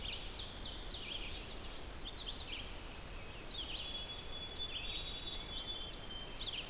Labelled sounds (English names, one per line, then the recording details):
Red-eyed Vireo song
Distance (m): 80 m
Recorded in boreal forest in Alberta, Canada, on 6 June 2016 at 06:55
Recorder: SongMeter 3, array SBT-3-51
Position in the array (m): 17 m, 90 m